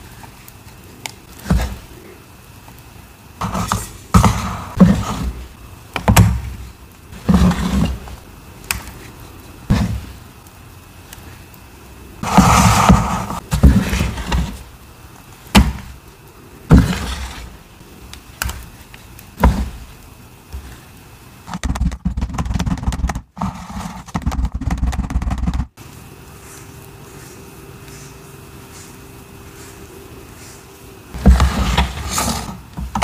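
Crushing of dyed cubes, chalk bombs and cornstarch crunchies, heard as a string of short, bright crunches and snaps that come every second or so. Louder, longer crushes land around 12–13 seconds and near the end, with a faint steady hum between bursts.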